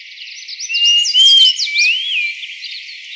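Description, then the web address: Greater pewee calling: clear slurred whistles rising and falling, overlapped by quick sharp down-up notes, the sounds crowding together in the middle. Recorded in Arizona. "Flycatchers AZFO GRPE deviche 042002"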